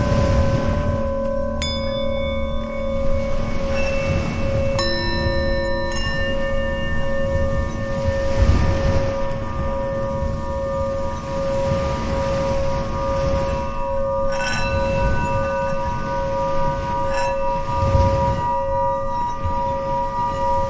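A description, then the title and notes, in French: Tibetan singing bowls ring with long, steady, sustaining tones, one held low hum running through the whole clip. New strikes land around 1.5, 4.7, 14.5 and 17 seconds, each adding bright ringing overtones that slowly fade. Soft, rolling wave-like washes swell underneath throughout. Les sons de bols tibétains et des bruits de vagues apaisantes.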